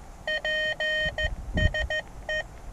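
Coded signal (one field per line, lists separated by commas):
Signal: Morse code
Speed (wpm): 14 wpm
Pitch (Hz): 1850 Hz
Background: none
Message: PSE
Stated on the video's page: QRP CW Parks on the Air activation from a hilltop in a national forest, using portable gear.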